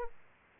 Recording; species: mosquito wingbeat signal from an infrared sensor; Aedes aegypti